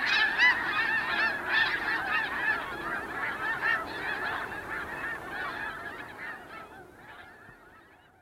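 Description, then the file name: Snow Goose honks, many birds giving rapid nasal yelping calls that gradually thin out and fade toward the end. "Snow Goose - Anser caerulescens"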